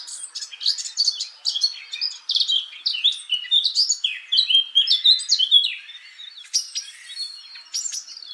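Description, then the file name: Eurasian blackcap delivering a rambling, rapid warble of sharp clicks, chirps and slurred notes, running on continuously with brief dips in loudness. "Sylvia atricapilla"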